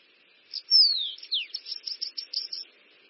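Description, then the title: Bananaquit singing a sharp descending whistle followed by a rapid string of high buzzy chips and wheezes, lasting around two seconds. "Canto De Cambacica"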